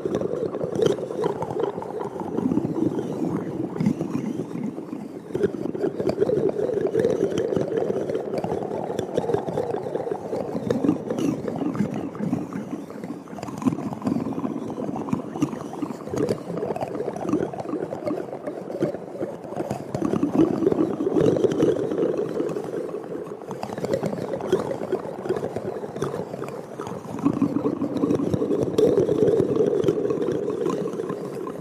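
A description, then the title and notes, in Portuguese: Intense wet mouth sounds: a dense, unbroken stream of sticky clicks and smacks, soft and low, with brief swells every few seconds. ASMR com MUITO ECO! ASMR intenso com sons de boca molhados.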